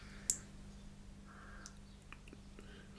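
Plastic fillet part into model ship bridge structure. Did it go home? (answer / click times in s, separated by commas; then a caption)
yes / 0.3 s. A small plastic fillet from a Trumpeter 1/200 DKM Bismarck ship model kit, built with a Pontos detail set, is pressed into its locating slot on the lower bridge and friction-fitted without glue. A sharp click at 0.3 s marks it snapping into place, followed by a few faint ticks over a steady low hum. The part is seated.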